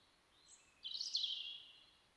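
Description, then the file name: European robin song: a faint high note leading into a rich, rapid, high-pitched warble that trails off. "Erithacus rubecula"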